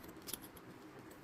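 A plastic transformable part is pushed into the body of a painted plastic Voltes V toy robot, and it seats with a sharp, short click at 0.3 s, followed by a fainter tick. It is unclear which part actually seated, since another part should have been pushed out first.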